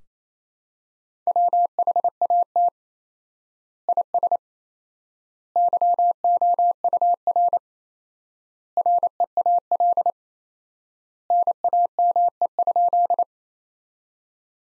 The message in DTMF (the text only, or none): none